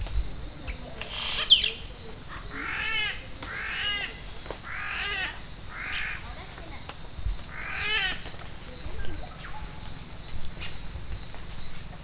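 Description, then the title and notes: Yellow-rumped cacique giving a series of harsh, harmonic notes about once a second, over a steady high drone. Bird in Amacayacu National Natural Park, Amazonas, Colombia; mimics other birds, frogs and even a machete being sharpened. "Parque Nacional Natural Amacayacu, Amazonas, Colombia - Pájaro Arrendajo. Este pájaro imita a otras aves, ranas y hasta machete afilando"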